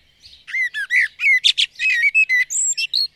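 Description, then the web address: Songbird delivering a lively, continuous phrase of mixed whistles, harsh squeaky notes and chirps, with a high, thin whistle near the end. "madarak enek"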